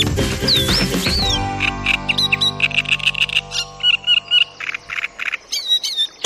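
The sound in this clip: Great reed warbler song: harsh, croaking notes repeated in quick chattering bursts, with a few whistled sweeps at the start and a steady tonal hum underneath for the first few seconds.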